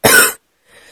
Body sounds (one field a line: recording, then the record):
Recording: coughing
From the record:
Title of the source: 30 Chesty and wet cough